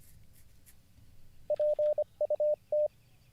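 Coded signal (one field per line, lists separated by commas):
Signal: Morse code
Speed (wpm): 25 wpm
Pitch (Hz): 600 Hz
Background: none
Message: PUT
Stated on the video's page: Morse code learning livestream lesson.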